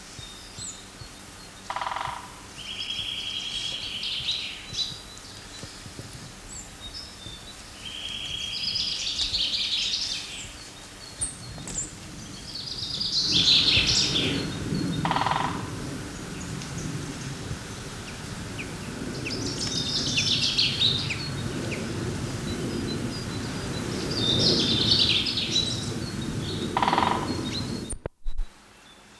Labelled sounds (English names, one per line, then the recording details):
Marsh Tit song
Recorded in the wild
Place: Locarno, Tessin, CH
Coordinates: 46.1861, 8.79083
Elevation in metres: 974
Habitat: mountains
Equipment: Uher 4000 Report
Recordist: Tretzel, Erwin